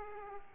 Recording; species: mosquito wingbeat signal from an infrared sensor; Aedes aegypti